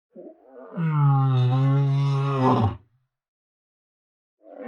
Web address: lion moan long